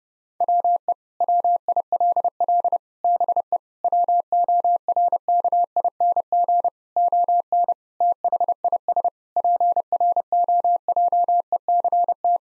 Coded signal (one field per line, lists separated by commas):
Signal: Morse code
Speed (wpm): 32 wpm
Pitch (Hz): 700 Hz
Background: none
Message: WE WILL BE WORKING ON THIS PROJECT